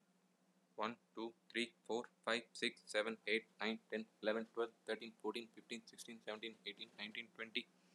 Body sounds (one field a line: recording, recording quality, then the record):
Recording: counting at a fast pace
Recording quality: excellent, no background noise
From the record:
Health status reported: healthy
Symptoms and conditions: none ticked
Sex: male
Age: 25 years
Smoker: not ticked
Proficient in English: yes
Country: India